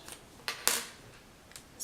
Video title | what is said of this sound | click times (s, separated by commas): Katie B Cosmetics - Retractable Brush Kit | same thing you're just going to want to pull it out so you hear the click | 0.7 s